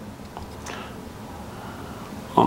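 Tweezers pull a small plastic or rubber rectangular tab on an action figure's head-and-mask strap, trying to seat it under the retaining plate so it clicks in. There is a faint tick at about 0.4 s and a louder, short thump at about 2.4 s over low background noise. The tab is almost fastened, but nothing has clicked into place yet.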